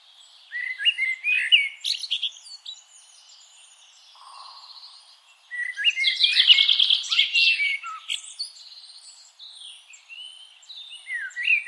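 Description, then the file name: Eurasian blackbird song with hurried, scratchy high twitters and swooping whistled notes, building to a dense loud burst midway. "Turdus merula"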